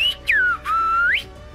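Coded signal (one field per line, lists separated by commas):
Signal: whistled language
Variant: Tenerife whistled Spanish (silbo)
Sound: a loud whistle gliding down from high pitch, pausing, then steady and sweeping up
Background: faint low hum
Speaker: el silvo usaba para mandarse los mensajes de uno a otos se los pasaban y que todavía existía en la zona donde él lo documentó que era la zona alta de la orotaba de una ladera a otra del Valle orotaba se silbaban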